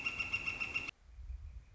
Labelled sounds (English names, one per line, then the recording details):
Northern Flicker
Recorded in Sonoma County, California